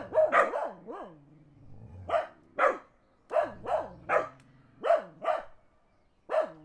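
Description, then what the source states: Dog barking loudly and sharply in short runs and single barks, with a faint low rumble. Dogs barking in the countryside while a car passes.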